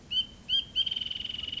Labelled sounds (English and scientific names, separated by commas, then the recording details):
Wrentit (Chamaea fasciata)
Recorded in Sonoma County, California